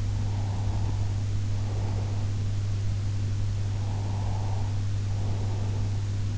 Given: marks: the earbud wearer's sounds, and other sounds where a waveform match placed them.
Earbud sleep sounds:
sounds in sleep by an in-ear microphone; breath
0.14-2.63 s: breath
3.66-5.92 s: breath

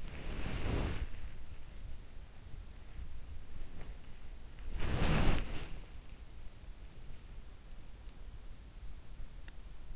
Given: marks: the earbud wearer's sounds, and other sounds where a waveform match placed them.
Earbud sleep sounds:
sounds in sleep by an in-ear microphone; body movement
0.00-1.18 s: body movement
4.74-5.57 s: body movement

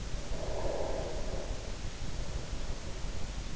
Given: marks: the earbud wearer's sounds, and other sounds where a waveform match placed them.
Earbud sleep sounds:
sounds in sleep by an in-ear microphone; breath
0.08-3.56 s: breath

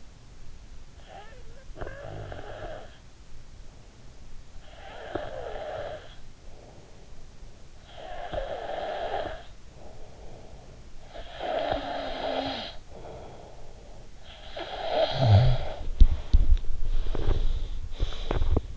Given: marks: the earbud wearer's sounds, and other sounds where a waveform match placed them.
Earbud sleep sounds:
sounds in sleep by an in-ear microphone; snoring breath, teeth grinding
0.63-3.78 s: snoring breath
4.23-7.32 s: snoring breath
7.60-15.84 s: snoring breath
15.86-18.77 s: teeth grinding

